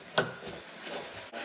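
The plastic electrical connector of a 2020 Dodge Challenger taillight is plugged into the car's wiring harness, and a single sharp click sounds at 0.2 s. Faint, quiet handling noise follows. The connector is seated.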